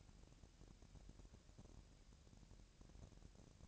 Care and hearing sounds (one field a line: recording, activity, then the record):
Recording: daily activity, microphone in the room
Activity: take from stove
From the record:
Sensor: 2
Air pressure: 1012.0 hPa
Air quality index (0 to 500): 186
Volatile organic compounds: 3 ppm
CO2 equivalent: 1325 ppm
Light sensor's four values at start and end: 76/181/74/71 and 76/180/74/71